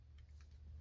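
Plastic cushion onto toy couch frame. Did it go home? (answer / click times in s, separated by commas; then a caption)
no / none. A plastic cushion piece is pressed onto the frame of a toy couch, giving only faint, light ticks of plastic contact around 0.2 s and 0.4 s over a steady low hum. The piece has not clicked into place yet.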